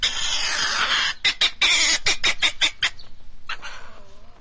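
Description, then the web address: Pine marten giving one harsh scream, then a rapid run of clipped, chattering notes that fade into softer, quieter calls. "european pine marten"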